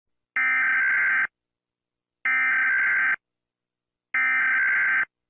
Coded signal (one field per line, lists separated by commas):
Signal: Emergency Alert System (SAME) tones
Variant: header bursts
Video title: US EAS alarm sound effect